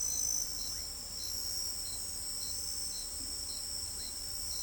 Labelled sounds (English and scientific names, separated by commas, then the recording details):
none
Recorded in pastures near Pivijay, Magdalena, Colombia, on 2 June 2023 at 04:00
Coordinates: 10.456, -74.369
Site P6-G026